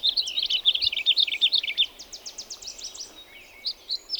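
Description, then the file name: House finch song: a lively jumbled warble of high slurred notes running into a rapid series of descending chips, ending with a few scattered notes. "John Neville - House Finch"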